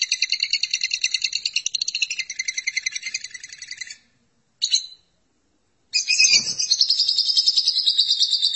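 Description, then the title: Lovebird chattering song: rapid, high, squeaky trilled notes for about four seconds, a short burst, a pause, then the fast chatter resumes with a brief low thump. "BM Suara Burung Lovebird"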